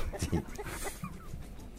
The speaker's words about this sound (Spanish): No escucha la gallina que hay atrás.